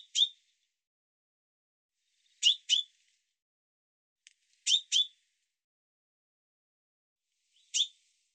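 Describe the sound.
Bird giving sharp, high chirping call notes, some in quick pairs, with gaps of about two seconds between them against an otherwise silent background.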